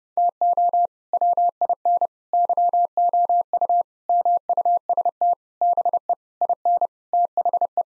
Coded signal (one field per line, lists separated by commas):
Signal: Morse code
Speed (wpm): 30 wpm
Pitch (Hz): 700 Hz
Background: none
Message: TO WIN YOU MUST BE IN THE